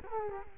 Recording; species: mosquito wingbeat signal from an infrared sensor; Culex quinquefasciatus